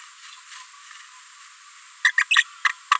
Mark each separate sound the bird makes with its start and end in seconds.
2.04-2.11, 2.18-2.23, 2.31-2.36, 2.65-2.68, 2.91-2.95